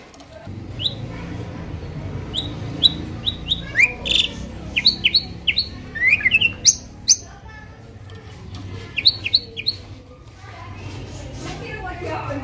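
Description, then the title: Asian pied starling song: clear whistled chirps and rising notes in loose bursts, pausing and resuming, over steady low background hum. Training recording for songbirds that sing too little or are sluggish. "Masteran Jalak Suren Atasi Burung KURANG GACOR Dan LOYO"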